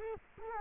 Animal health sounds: mosquito wingbeat signal from an infrared sensor; Culex quinquefasciatus

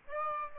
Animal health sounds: mosquito wingbeat signal from an infrared sensor; Aedes aegypti

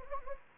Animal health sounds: mosquito wingbeat signal from an infrared sensor; Anopheles gambiae

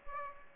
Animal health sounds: mosquito wingbeat signal from an infrared sensor; Aedes aegypti

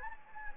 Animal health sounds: mosquito wingbeat signal from an infrared sensor; Anopheles gambiae

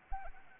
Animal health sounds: mosquito wingbeat signal from an infrared sensor; Anopheles arabiensis

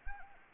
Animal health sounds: mosquito wingbeat signal from an infrared sensor; Anopheles gambiae

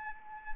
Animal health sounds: mosquito wingbeat signal from an infrared sensor; Anopheles arabiensis

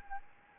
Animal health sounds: mosquito wingbeat signal from an infrared sensor; Anopheles gambiae

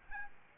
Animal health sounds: mosquito wingbeat signal from an infrared sensor; Aedes albopictus

